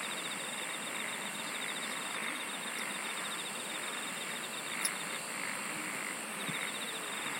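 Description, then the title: Busy insect chorus, a fast pulsed trill repeating at the start and end over a continuous buzzing backdrop, with one brief click. "SINGING OF INSECTS"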